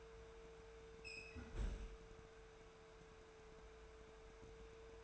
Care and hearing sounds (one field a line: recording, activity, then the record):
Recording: daily activity, microphone in the room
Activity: close fridge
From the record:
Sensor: 2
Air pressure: 1014.8 hPa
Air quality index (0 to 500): 192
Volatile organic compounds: 16 ppm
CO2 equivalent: 2529 ppm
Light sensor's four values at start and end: 11/28/11/12 and 10/24/10/10